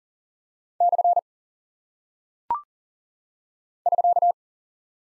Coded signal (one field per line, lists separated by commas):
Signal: Morse code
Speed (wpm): 38 wpm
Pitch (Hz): 700 Hz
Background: none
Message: / <SK>